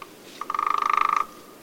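Arizona Woodpecker gives a short, even rattle of rapid pulsed notes lasting under a second, preceded by a couple of brief single notes.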